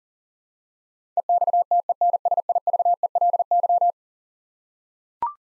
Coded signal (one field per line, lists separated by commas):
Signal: Morse code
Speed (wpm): 40 wpm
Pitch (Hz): 700 Hz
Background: none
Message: EXTENSIVELY